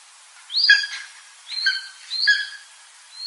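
Bird calls: a few short, harsh notes, each with a high band over a lower steady band, repeated at irregular intervals against faint background hiss.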